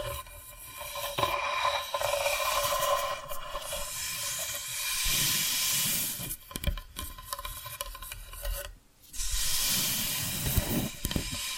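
Tapping and scratching sounds: steady raspy rubbing and hissy scraping with a few sharp taps, a brief pause near nine seconds, then resuming.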